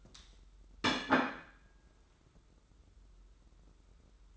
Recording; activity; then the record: daily activity, microphone in the room; place plate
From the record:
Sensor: 3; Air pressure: 994.3 hPa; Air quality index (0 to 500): 206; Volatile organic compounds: 1000 ppm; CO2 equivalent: 6832 ppm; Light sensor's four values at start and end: 55/125/53/51 and 50/116/50/51